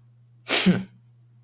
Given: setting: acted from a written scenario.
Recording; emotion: vocal sound without words; contempt